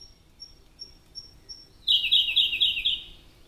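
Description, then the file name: Siberian blue robin singing: a series of soft, high, evenly spaced tick notes leads into a loud, fast chattering trill lasting about a second. "robin-siberian-blue -Larvivora-cyane"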